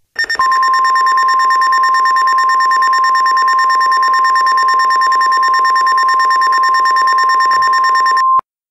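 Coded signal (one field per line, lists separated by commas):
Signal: Emergency Alert System (SAME) tones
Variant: 1050 Hz attention tone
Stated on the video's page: Mock EAS alert, a simulated flood warning for Wasatch, Utah.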